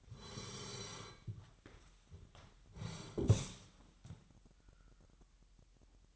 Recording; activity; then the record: daily activity, microphone in the room; sit down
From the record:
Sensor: 3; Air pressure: 998.6 hPa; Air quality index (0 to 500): 128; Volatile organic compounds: 3 ppm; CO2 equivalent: 1530 ppm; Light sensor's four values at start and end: 10/21/9/10 and 8/18/7/8